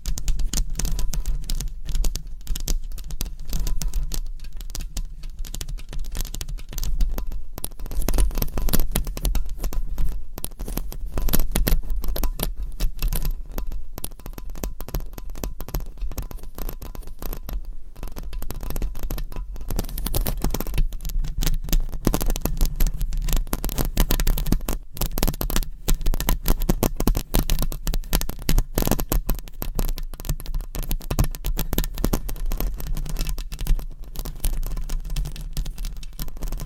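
Binaural mic scratching and tapping: dense, continuous rustling and scraping with rapid irregular bursts throughout, bright crackly texture over a low rumbling hum. Louder flurries of scratches come around 8–12 and 20–25 seconds, with brief sharp taps scattered between.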